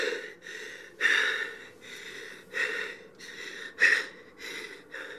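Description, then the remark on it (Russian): A man breathes heavily, grimacing in pain: about seven ragged breaths in an uneven rhythm, some sharper gasping inhales standing out louder, with no talking. “кривится от боли, тяжело дышит.”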